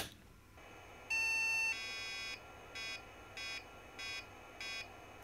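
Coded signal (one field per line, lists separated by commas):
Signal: beep code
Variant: Supersoft Landmark diagnostic ROM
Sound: one long buzzy beep, then four short buzzy beeps, all at the same pitch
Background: faint background hiss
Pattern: 1 long, 4 short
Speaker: since we're getting error code for the math Co here goes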